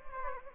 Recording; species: mosquito wingbeat signal from an infrared sensor; Anopheles gambiae